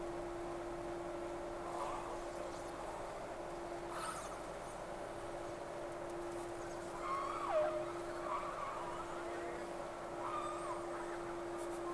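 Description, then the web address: Whale calls, a few faint tonal whistles sweeping up and down, scattered throughout, over a steady low hum and constant hiss. Two whales, 3 October 2006. "Sea Snake 10-3-06 Whales X 2"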